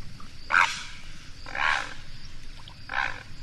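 Great Blue Heron giving three harsh, rasping squawks.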